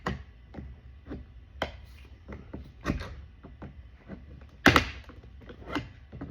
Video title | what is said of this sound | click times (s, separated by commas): Volkswagen CC window switch replacement | hear the click | 4.7 s